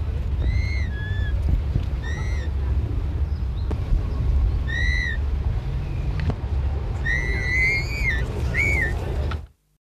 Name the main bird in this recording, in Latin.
Dromaius novaehollandiae